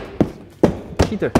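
Plastic door trim clips that were only partly inserted are being pushed or knocked into the steel door panel of a Model Y Juniper front door while the auto door handle job is finished. A series of sharp knocks lands near 0.2, 0.6, 1.0 and 1.4 seconds, and someone talks. Nothing has seated yet.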